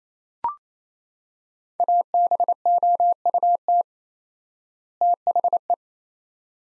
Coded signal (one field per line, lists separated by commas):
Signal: Morse code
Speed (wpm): 28 wpm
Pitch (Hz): 700 Hz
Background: none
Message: ABOUT THE